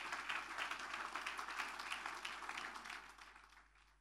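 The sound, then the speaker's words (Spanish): A church audience applauds steadily in praise to God at a celebration service, a dense wash of many hands clapping at once that holds strong for several seconds before thinning and fading out near the end. “Fuerte ese aplauso de alabanza al Señor.”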